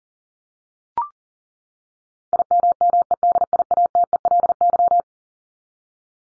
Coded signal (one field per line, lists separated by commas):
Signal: Morse code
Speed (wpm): 40 wpm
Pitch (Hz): 700 Hz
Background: none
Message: IMMEDIATELY